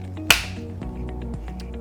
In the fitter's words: just go ahead and push it through until you hear a click